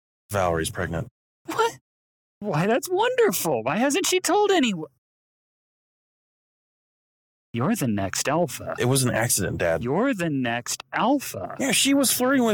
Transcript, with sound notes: Valerie's pregnant.
What? Why, that's wonderful! Why hasn't she told anyone? [LONG PAUSE] You're the next alpha.
It was an accident, dad.
You're the next alpha.
She was flirting with me!